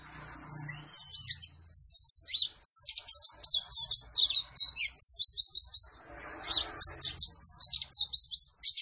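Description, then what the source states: White-eye song: a long, rapid stream of high, sharp twittering notes with brief pauses, the phrases tumbling quickly one after another. Singing energetically after being given a vitamin C supplement.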